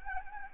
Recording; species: mosquito wingbeat signal from an infrared sensor; Anopheles gambiae